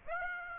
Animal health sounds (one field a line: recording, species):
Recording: mosquito wingbeat signal from an infrared sensor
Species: Aedes aegypti